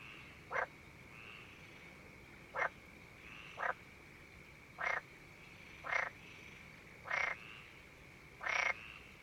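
Frog croaks, seven short raspy notes a second or more apart, growing slightly longer toward the end, with a thin steady high hum.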